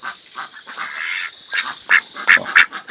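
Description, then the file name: Pekin duck quacks mixed with a drawn-out honking note, then three sharp loud quacks near the end. "canto do pato de pequim"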